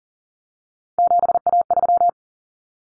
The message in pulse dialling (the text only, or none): none